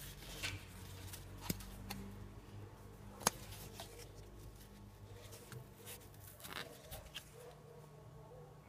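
A cabin air filter on a 1999 Honda CR-V is fitted into its housing, with its tabs lined up in the slots and pressed home. Faint handling rustles and light taps run through the clip, and a sharp click at 3.3 s is the loudest hit. The filter is seated snugly in place.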